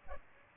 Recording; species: mosquito wingbeat signal from an infrared sensor; Aedes aegypti